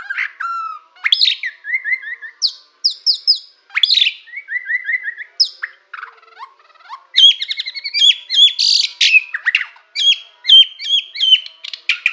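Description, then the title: White-rumped shama song, a dense varied medley of descending whistle series, repeated slurred notes and fast twittering phrases. Bornean form; from Borneo. "MURAI BORNEO MAS KIKI"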